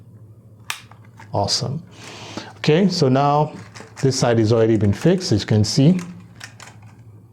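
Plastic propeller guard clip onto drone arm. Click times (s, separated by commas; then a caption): 0.7 s. A plastic propeller guard clip is pressed down onto the arm on the second side of a small DJI Mini SE drone and snaps home with a sharp click at 0.7 s, seating the guard in place. Someone then talks, followed by a few faint taps near the end.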